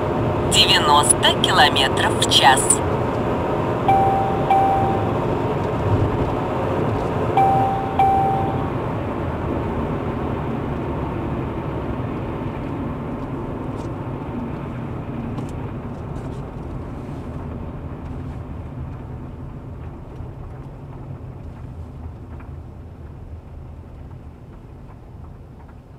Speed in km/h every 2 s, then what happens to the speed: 93, 93, 94, 93, 85, 61, 55, 40, 32, 22, 17, 13, 8.
0-7 steady at about 93. 7-26 brakes to 8.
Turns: none.